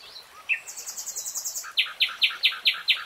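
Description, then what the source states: Nightingale song: a few varied high notes, then a fast series of loud, sharp, chopped phrases. Nightingale singing in real time.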